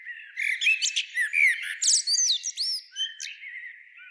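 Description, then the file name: Eurasian blackbird giving a fast, uneven run of squeaky chirps, clicks and short rising and falling whistled notes, high-pitched and busy throughout. "Turdus merula"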